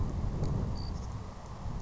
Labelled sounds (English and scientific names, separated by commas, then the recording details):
Savannah Sparrow (Passerculus sandwichensis)
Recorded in Sonoma County, California